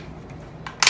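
The magazine release on a bolt-action rifle is pushed forwards and the box magazine comes out. A faint tick at 0.7 s is followed by a sharp metallic click at 0.8 s as the magazine is released, over a quiet low hum.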